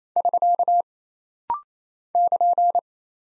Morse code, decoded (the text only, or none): <SK> <KN>